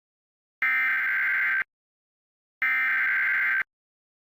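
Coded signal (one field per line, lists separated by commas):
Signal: Emergency Alert System (SAME) tones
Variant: header bursts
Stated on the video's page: EAS alert on MeTV Toons cable broadcast, received in Lake Dallas, TX.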